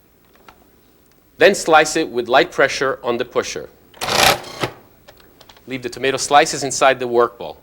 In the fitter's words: replace The Pusher and press the the sleeve into place until you hear it lock